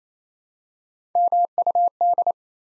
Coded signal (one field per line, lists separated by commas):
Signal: Morse code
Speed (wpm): 27 wpm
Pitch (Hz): 700 Hz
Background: none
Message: MUD